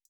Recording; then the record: hydrophone in a shrimp aquaculture tank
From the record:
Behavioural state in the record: feeding